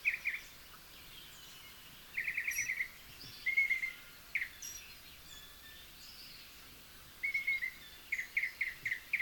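Northern mockingbird song: rapid trilled bursts separated by pauses, with similar phrases returning several times against quiet background noise.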